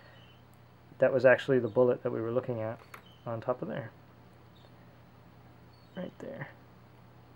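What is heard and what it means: Someone talks while handling the small plastic magazine of a Sideshow 1/6 scale Indiana Jones figure's toy pistol, about to push it back into the grip. The speech runs from about 1.0 to 3.9 s with a brief burst near 6.0 to 6.5 s over a low steady hum. Nothing has seated or clicked yet.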